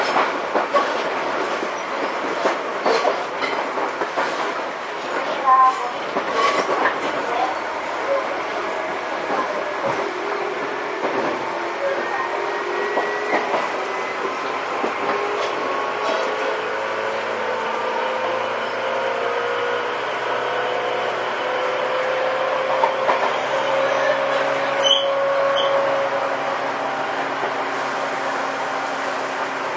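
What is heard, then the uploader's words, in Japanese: A Tobu 10000 series train runs between Asakusa and Kita-Senju, recorded aboard as it travels. A steady rumble carries rising and falling motor whines that glide upward as the train accelerates, with scattered clicks and rattles of wheels and the car throughout. 東武10000系 浅草ー北千住。浅草→北千住の区間の運転の列車を録音。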